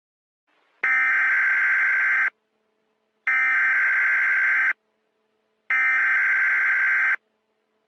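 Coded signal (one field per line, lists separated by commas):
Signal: Emergency Alert System (SAME) tones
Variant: header bursts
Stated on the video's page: Fictional EAS scenario alert.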